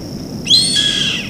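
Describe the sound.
Bird call: a single harsh, harmonic note that starts abruptly and holds for under a second, over a steady high whine and low background rumble.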